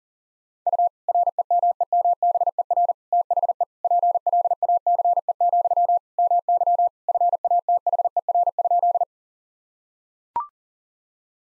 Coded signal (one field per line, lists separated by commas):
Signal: Morse code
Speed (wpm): 40 wpm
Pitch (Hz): 700 Hz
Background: none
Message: U REMEMBER THE PLACE, MY FATHER?